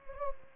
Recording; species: mosquito wingbeat signal from an infrared sensor; Anopheles gambiae